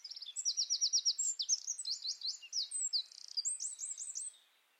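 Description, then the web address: Bird song, high-pitched and hurried, mixing rapid trilled series with short buzzy slurs and a closing run of quick downward-swept notes, then stopping abruptly. "Deverinetal 2025 File origin Bird Only"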